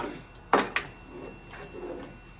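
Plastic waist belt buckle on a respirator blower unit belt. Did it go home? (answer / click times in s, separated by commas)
yes / 0.5 s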